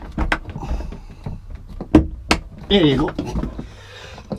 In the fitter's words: So you heard that wee click there, right?